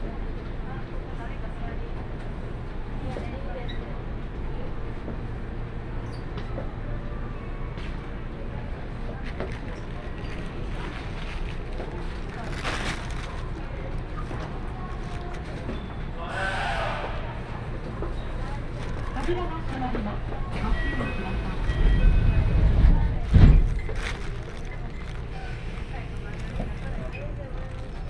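A train ride on the line from Shiomibashi toward Daimotsu, with a steady low rumble and droning hum underneath throughout. Voices murmur faintly, brief hissing and clicking sounds appear around 13 and 17 seconds, and heavy low thumps swell near 22–24 seconds.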